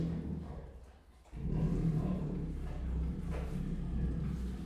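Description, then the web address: Siberian tiger growling, a deep rumble that drops away briefly near one second, then resumes as a steady low growl. Growling and rasping while eating; recorded at Miskolc Zoo in 2018. "allathangok miskolcizoo 2018 professzionalis sziberiai tigris morogvahorogveesznek miskolczoo"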